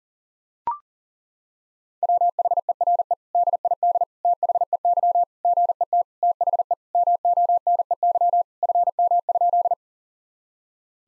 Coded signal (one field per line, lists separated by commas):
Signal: Morse code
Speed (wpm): 40 wpm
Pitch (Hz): 700 Hz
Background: none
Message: WHERE DID THEY GET THE MONEY FM?